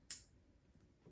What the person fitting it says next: you know just a little click it's nice i like the sounds on this